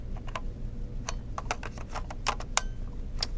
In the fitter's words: that comes with it that should snap right into here